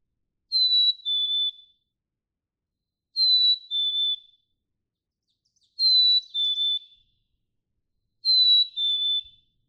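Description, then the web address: Black-capped Chickadee whistles its high-then-lower two-note song four times at regular intervals, with a few faint chips mixed in. "birdsongforthecurious songs Black-capped Chickadee"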